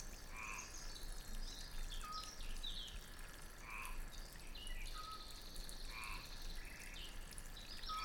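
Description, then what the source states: A frog giving a few brief mid-pitched croaks beneath rushing fountain water and scattered bird notes. Recorded at a country fountain, with birds calling too.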